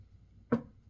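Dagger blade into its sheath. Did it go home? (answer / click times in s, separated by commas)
yes / 0.5 s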